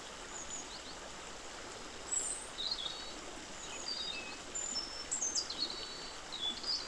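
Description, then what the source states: Songbird chirps, a busy scatter of high, quick tweets and short trills that grow thicker midway, over a constant background hiss. Songbirds singing in the morning by the Črnomerečki stream in Zagreb, Croatia, 25 February 2024, described as a morning bird prayer.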